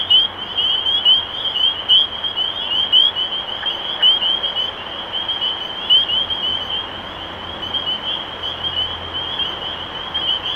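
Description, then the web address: Spring peepers in full chorus, overlapping high rising peeps. Recorded 23 March 2012. "rob animals Peepers-2012-0323"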